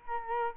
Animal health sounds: mosquito wingbeat signal from an infrared sensor; Culex quinquefasciatus

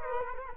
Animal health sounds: mosquito wingbeat signal from an infrared sensor; Culex quinquefasciatus

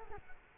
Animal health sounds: mosquito wingbeat signal from an infrared sensor; Culex quinquefasciatus

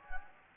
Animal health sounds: mosquito wingbeat signal from an infrared sensor; Anopheles gambiae

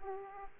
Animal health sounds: mosquito wingbeat signal from an infrared sensor; Aedes aegypti

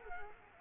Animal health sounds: mosquito wingbeat signal from an infrared sensor; Culex quinquefasciatus

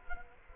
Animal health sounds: mosquito wingbeat signal from an infrared sensor; Culex quinquefasciatus

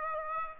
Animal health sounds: mosquito wingbeat signal from an infrared sensor; Aedes aegypti

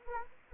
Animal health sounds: mosquito wingbeat signal from an infrared sensor; Anopheles arabiensis

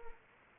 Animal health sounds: mosquito wingbeat signal from an infrared sensor; Anopheles arabiensis

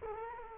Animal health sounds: mosquito wingbeat signal from an infrared sensor; Culex quinquefasciatus

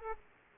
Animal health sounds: mosquito wingbeat signal from an infrared sensor; Aedes aegypti

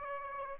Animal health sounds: mosquito wingbeat signal from an infrared sensor; Aedes aegypti

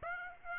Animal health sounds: mosquito wingbeat signal from an infrared sensor; Aedes aegypti

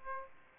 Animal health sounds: mosquito wingbeat signal from an infrared sensor; Aedes aegypti

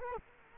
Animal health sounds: mosquito wingbeat signal from an infrared sensor; Culex quinquefasciatus

